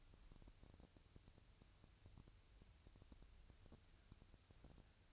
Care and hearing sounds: daily activity, microphone in the room; wipe stove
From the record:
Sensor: 2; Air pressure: 1001.5 hPa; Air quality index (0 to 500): 224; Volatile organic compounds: 24 ppm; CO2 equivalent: 2819 ppm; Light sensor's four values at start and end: 7/26/10/9 and 7/26/10/9

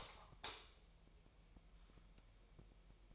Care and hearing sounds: daily activity, microphone in the room; light on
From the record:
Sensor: 1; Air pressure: 1001.9 hPa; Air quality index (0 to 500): 249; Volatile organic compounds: 54 ppm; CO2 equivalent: 3351 ppm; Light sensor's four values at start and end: 5/11/4/5 and 9/28/10/12

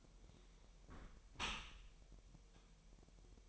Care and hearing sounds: daily activity, microphone in the room; close dishwasher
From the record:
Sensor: 1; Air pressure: 1000.6 hPa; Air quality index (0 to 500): 247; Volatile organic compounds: 141 ppm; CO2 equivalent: 3982 ppm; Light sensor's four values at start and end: 11/28/11/12 and 11/28/11/12

